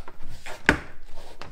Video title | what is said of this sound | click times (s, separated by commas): Cargo Net Install on a 2019 Subaru WRX STi | Just click into place, remembering it hasn't got any clips attaching it just yet. | 0.7 s